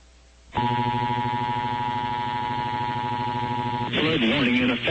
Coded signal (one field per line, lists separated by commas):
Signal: Emergency Alert System (SAME) tones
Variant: 853 and 960 Hz attention tone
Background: speech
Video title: EAS #162 - CHS River FLW from WLVH-FM (4/29/2023)